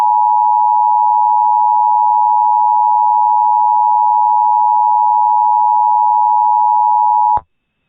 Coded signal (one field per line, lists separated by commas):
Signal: Emergency Alert System (SAME) tones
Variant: 853 and 960 Hz attention tone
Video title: SVR in Ohio/WV from 11/29/21 | EAS Mock #22